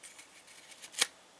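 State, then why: Seated. A cardboard custom Prime arm accessory, not glued, is pressed onto the arm peg of a Transformers action figure. Faint soft rustles and ticks lead up to a single sharp, bright snap at 1.0 s. The accessory snaps into place and is seated.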